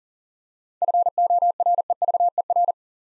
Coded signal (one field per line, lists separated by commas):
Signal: Morse code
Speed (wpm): 38 wpm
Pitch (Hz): 700 Hz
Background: none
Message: FOREVER